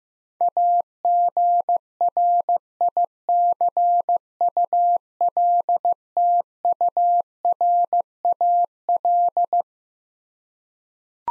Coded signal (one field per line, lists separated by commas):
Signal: Morse code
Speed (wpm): 15 wpm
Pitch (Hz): 700 Hz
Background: none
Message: AGRICULTURAL